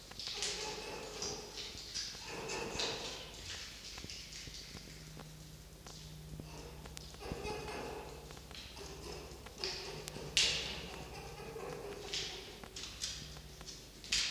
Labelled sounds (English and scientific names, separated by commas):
Red Fox (Vulpes vulpes)